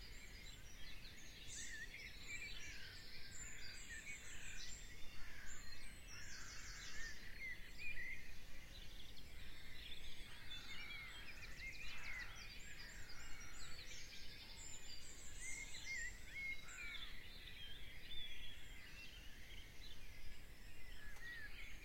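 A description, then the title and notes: A dense dawn chorus of many birds chirps and trills continuously, bright calls overlapping throughout, with a soft low rumble beneath. 4am mindfulness & the morning chorus. The dawn chorus and the little sparrow that started it all.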